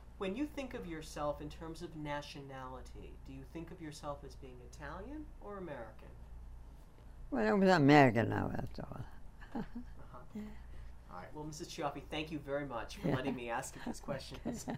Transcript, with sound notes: When you think of yourself in terms of nationality, do you think of yourself as being Italian or American?
I'm American now, that's all. ( she laughs )
All right. Well, Mrs. Cioffi, thank you very much for letting me ask you these questions.